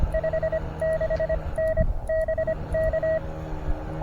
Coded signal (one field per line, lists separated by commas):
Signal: Morse code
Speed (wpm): 25 wpm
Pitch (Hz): 640 Hz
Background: none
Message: 56N BK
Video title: QRP POTA Antenna Shootout! POTAPREformer vs. 29' EFRW - RBN Tested.